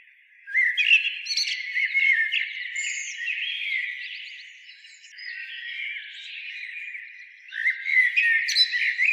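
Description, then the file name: Common blackbird twittering in a fast, jumbled stream of squeaky notes and short whistles, starting abruptly after half a second and rising again near the end. "Turdus merula"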